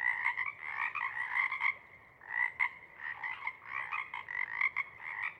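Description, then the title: Pacific chorus frogs in a dense chorus, continuous overlapping ribbits from many frogs with only a brief lull in the middle. Pond chorus in pre-morning twilight as late night wanes; temperature torpor sets in and individuals leave to hunt; chorus breaks into successive waves circling the pond, then long staccato sections tapering away. "Chorus Frogs, Chorus Waxes and Wanes, pre-morning-twilight"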